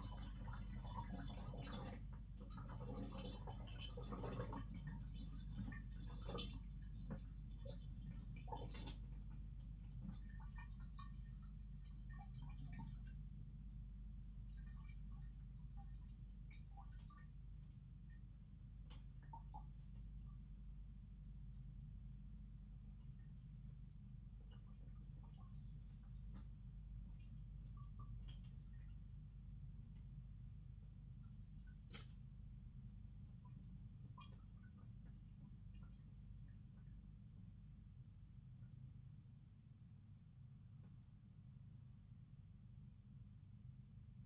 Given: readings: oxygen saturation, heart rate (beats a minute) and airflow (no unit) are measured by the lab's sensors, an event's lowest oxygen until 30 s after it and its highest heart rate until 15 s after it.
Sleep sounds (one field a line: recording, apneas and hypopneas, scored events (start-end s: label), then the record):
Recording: a person awake in a sleep study, by a smartphone at the bedside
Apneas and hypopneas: none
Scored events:
0.00-44.26 s: awake
From the record:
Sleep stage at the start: awake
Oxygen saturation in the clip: 94 to 96%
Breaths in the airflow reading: 10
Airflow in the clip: -4.9 to 6.5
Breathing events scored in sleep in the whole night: 270 in 6.1 hours asleep